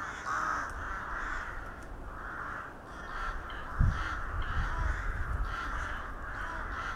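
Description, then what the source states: Crow calls, a flock giving hoarse caws one after another almost continuously, with a thump near the middle and faint background hum. Several crows recorded in Hernals, Vienna, in December 2021.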